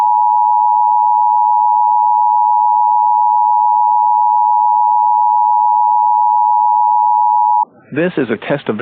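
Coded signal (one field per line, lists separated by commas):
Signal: Emergency Alert System (SAME) tones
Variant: 853 and 960 Hz attention tone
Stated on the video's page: Statewide tornado drill alert.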